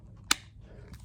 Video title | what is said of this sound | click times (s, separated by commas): How to Replace Mazda CX-5 Key Fob Battery (2020–2025 Models) | Yeah. Hear it click. | 0.3 s